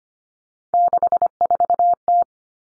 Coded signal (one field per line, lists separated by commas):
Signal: Morse code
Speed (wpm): 25 wpm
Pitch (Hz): 700 Hz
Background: none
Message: 64T